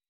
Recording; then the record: hydrophone in a shrimp aquaculture tank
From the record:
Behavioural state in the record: weakened